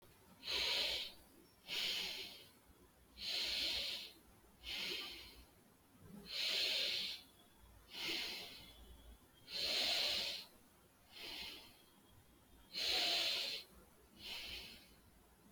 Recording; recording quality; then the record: deep breathing; excellent, no background noise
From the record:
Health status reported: COVID-19 positive, moderate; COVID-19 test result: positive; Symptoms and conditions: breathing difficulty, fever, fatigue, muscle pain, loss of smell and taste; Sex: male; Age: 27 years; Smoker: not ticked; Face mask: not worn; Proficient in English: yes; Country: India